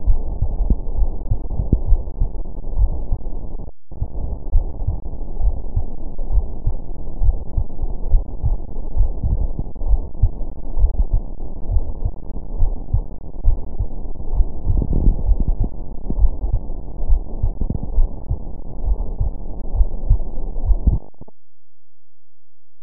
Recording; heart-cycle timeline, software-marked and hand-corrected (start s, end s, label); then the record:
heart sounds
not marked
From the record:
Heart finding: coronary artery disease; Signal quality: poor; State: rest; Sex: female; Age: 76 years